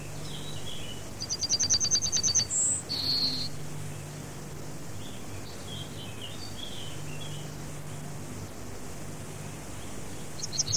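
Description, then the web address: Yellowhammer song: a rapid run of many repeated high, dry notes, then a short higher note and a longer lower note. A low steady hum runs underneath, and a new phrase starts at the end. "fugler gulspurv"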